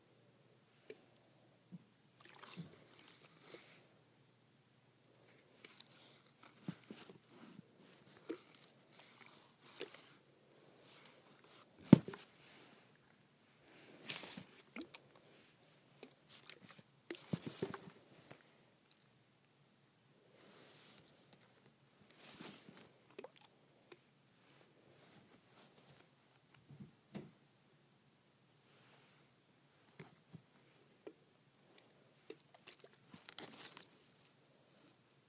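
A hair spray bottle is shaken in short, irregular bursts of rattling clicks, spread across most of the 35 seconds with brief quiet gaps between them. The sharpest, loudest knock comes around 12 seconds, and the sounds are crisp and bright.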